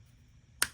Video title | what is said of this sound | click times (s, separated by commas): Transformers Age Of The Primes Commandet Class Silverbolt/Superion | The hips sculs flip out and kind of lock into place as the landing gear. | 0.6 s